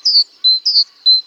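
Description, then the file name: Great tit call: high notes alternating between a brief steady tone and a short falling chirp, about five notes in quick succession. "Parus major"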